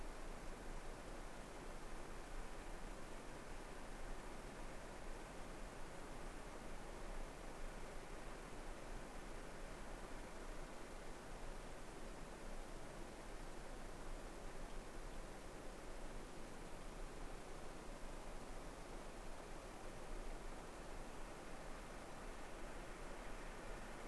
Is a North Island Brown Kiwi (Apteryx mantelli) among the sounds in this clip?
no